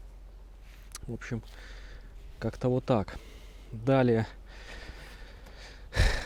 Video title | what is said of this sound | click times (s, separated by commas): Как я улучшил лодочный прицеп своими руками! | is thrown and everything snaps into place | 1.0 s